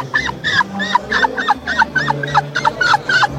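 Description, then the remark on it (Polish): A woman's voice imitates seagull cries: a quick, steady run of about ten short, high, squawking calls, each bending up and down in pitch, over a faint low hum. “Ale no czasami jak jestem bardzo zmęczona po koncercie, to też mewy mi wychodzą.”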